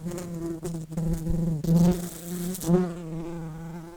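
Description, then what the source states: Common carder bee buzzing: a steady, low, droning hum with rich overtones, swelling and dipping in loudness throughout the few seconds. Workers.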